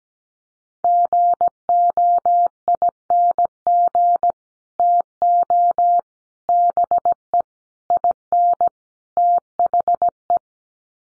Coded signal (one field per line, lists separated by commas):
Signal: Morse code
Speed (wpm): 17 wpm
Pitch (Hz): 700 Hz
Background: none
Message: GOING TO BE IN THE